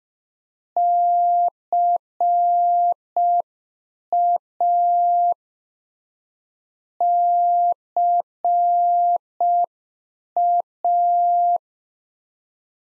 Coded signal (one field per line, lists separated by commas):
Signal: Morse code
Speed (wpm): 5 wpm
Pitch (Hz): 700 Hz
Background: none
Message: CA CA